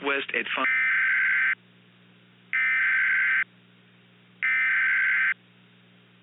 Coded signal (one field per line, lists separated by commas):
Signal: Emergency Alert System (SAME) tones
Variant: header bursts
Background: speech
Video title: "ATTACK OF THE KILLER INFLATABLES" [HALLOWEEN EAS SCENARIO]